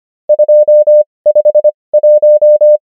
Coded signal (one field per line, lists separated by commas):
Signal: Morse code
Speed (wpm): 25 wpm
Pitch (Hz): 600 Hz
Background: none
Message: 251